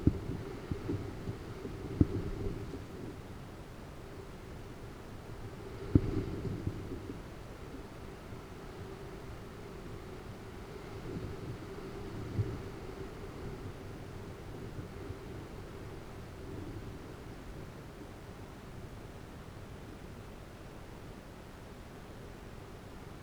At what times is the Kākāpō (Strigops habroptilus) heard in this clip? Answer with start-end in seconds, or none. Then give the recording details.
none. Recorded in New Zealand. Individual Arab